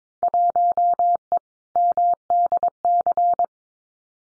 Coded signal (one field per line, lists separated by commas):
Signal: Morse code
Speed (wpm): 22 wpm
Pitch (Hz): 700 Hz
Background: none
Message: 1E MDC